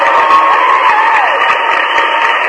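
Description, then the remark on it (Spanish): Steady, dense applause sound effect from a crowd, a continuous wash of clapping with some cheering voices mixed in, holding an even loudness throughout without breaks. “Y un aplauso a Carla, hombre.”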